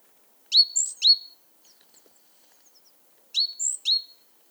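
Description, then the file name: Great tit making two bursts of sharp high notes, separated by faint soft ticking. "Parus major"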